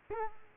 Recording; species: mosquito wingbeat signal from an infrared sensor; Culex quinquefasciatus